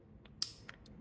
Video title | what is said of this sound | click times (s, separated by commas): The secret behind mobile home door knob lock sets! | I don't know if you heard that just clicked in place | 0.4 s